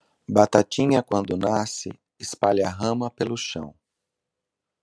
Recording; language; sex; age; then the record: short text; Brazilian Portuguese; male; 50 to 59 years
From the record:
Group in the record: control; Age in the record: 52 years